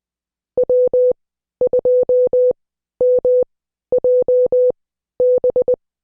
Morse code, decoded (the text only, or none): W2MJB